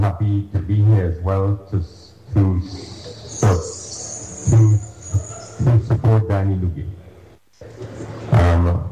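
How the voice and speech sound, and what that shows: A low-pitched adult male voice, a man of about 60, speaks slowly, then gets stuck on "to": the sound is stretched and repeated several times with silent gaps and a filler before he moves on to "support." These prolongations, repetitions and blocks are typical of stuttering; he speaks slowly and struggles sometimes.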